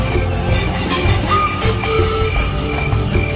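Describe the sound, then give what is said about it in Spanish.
Crickets chirp in a dense, unbroken chorus, their high trills layered over a low, steady croaking that fills the whole stretch without pause or voices. “Los grillos.”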